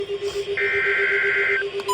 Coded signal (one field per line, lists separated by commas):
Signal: Emergency Alert System (SAME) tones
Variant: header bursts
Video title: EAS #2859-2869 Severe Thunderstorm Warning